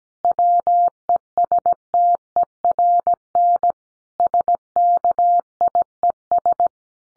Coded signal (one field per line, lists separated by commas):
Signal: Morse code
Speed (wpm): 17 wpm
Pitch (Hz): 700 Hz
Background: none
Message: WESTERN SKIES